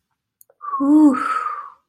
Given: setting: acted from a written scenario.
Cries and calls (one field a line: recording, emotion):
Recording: vocal sound without words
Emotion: desire